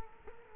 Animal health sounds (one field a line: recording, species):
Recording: mosquito wingbeat signal from an infrared sensor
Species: Culex quinquefasciatus